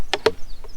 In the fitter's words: it clicks into place there's magnets to hold it closed